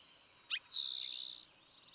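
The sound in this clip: Eastern towhee song: a short low note and a downslurred high note, then a fast, buzzy trill.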